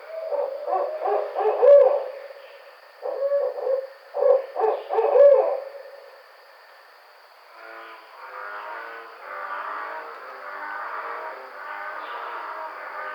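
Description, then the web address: Barred owl calling in bursts of accented hoots, then breaking into wilder, rapid overlapping cackles and yowls for the last several seconds, a faint high hum throughout. Recorded on 5 June 2009. "Barred Owl 2009 06 05"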